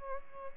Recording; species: mosquito wingbeat signal from an infrared sensor; Aedes albopictus